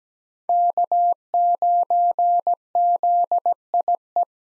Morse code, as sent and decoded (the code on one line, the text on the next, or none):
-.- ----. --.. .. .
K9ZIE